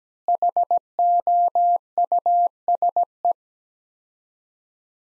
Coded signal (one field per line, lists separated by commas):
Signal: Morse code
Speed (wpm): 17 wpm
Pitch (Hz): 700 Hz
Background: none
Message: HOUSE